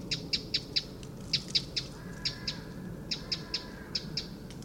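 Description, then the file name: Eurasian wren giving sharp, dry ticking calls, mostly in quick runs of two or three, repeated throughout over a low steady background hum. "Troglodytes troglodytes"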